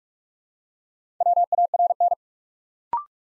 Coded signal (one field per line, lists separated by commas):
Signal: Morse code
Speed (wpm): 44 wpm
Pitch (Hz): 700 Hz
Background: none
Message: WARN